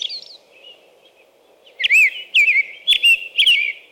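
American robin song: after a quiet start, four loud warbled whistled phrases follow about every half second.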